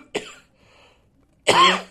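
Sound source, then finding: Adult man. Cough.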